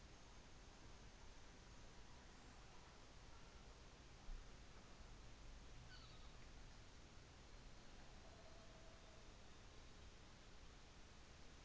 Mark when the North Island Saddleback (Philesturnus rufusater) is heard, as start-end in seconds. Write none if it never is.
5.70-6.54